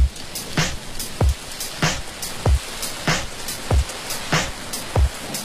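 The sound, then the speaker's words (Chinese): A steady hiss of rain sound effect runs throughout, with a slow, regular beat of deep kick thumps alternating with sharper snare-like hits, as at the start of a song. “有一种下雨的声音，放心放心，此刻并没有下雨。”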